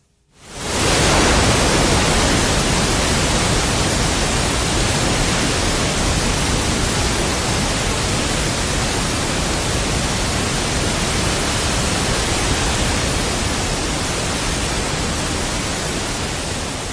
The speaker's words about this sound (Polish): Czy pamiętają państwo telewizję sprzed 20 albo 30 lat? Ten moment, kiedy kończył się program i pojawiał się, no właśnie, taki biały szum.